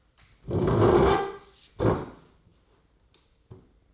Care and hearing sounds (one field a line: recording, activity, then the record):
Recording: daily activity, microphone in the room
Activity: sit down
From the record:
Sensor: 3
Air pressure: 996.0 hPa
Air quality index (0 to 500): 247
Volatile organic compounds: 1000 ppm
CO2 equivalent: 6306 ppm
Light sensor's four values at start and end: 38/91/40/43 and 40/98/43/46